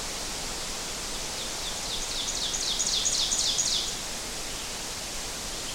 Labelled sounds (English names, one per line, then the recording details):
Ovenbird song
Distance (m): 30 m
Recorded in boreal forest in Alberta, Canada, on 12 June 2016 at 06:03
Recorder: SongMeter 3, array SBT-3-18
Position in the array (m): 229 m, 90 m
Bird 31